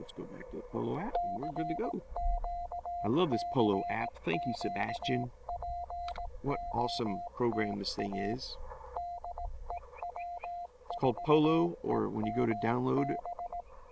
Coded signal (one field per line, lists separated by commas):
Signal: Morse code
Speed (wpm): 17 wpm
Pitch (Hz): 690 Hz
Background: speech, radio noise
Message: CQ CQ POTA DE W4EMB